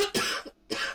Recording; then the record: coughing mixed with background sound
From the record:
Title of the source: 64 coughing, allergies, singing lungs